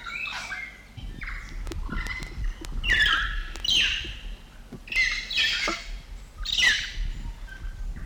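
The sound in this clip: South Island kaka delivering a rapid run of loud rasping, screechy calls with brief clicks between them over low background rumble.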